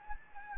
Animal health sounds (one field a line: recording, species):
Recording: mosquito wingbeat signal from an infrared sensor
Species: Anopheles gambiae